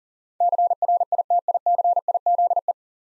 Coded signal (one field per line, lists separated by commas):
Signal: Morse code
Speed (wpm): 37 wpm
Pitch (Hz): 700 Hz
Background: none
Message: CRITICIZE